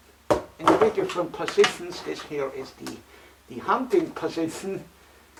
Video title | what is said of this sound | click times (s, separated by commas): 2018 Mattel Jurassic World Roarin Super Colossal Battle Damage Tyrannosaurus Rex | the first is like this so the legs actually click into place in | 0.3 s, 0.7 s